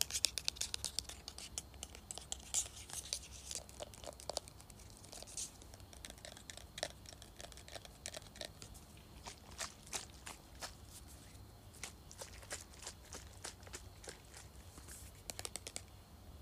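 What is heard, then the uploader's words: A spray bottle is shaken in rapid, irregular clicks and rattles, with bright hissing bursts of spray early on over a low steady hum. ASMR Shaking and Spraying Spray Bottle.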